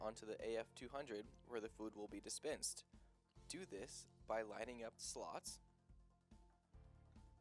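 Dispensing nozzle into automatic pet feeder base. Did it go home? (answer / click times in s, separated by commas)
no / none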